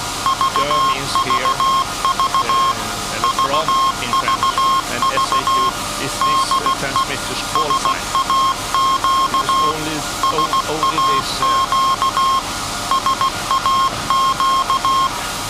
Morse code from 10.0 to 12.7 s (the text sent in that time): SAQ